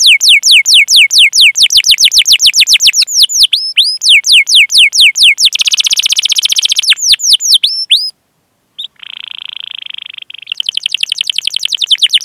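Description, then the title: Domestic canary song: rapid trills of falling whistled notes, then a dense buzzy roll, a brief pause near eight seconds, a lower rattling trill, and fast chattering trills to the end. Canary singing actively with elaborate song phrasing. "Kenari Gacor Cengkok Terbaik Isian Paling Mewah"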